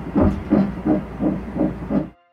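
Rapid, regular whooshing pulses, six in about two seconds, roughly 170 a minute, with a steady hiss between them. This is a fetal heartbeat picked up by ultrasound Doppler at the first heartbeat checkup in a twin pregnancy, where the heartbeats of the two babies can be hard to separate.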